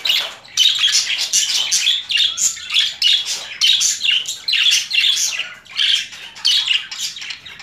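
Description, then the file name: Budgerigar producing continuous rhythmic chatter, harsh buzzy notes pulsing in quick succession with barely a pause. Female budgerigar; mixed sounds. "Karisik Sesler Disi Muhabbet Kusu Sesi"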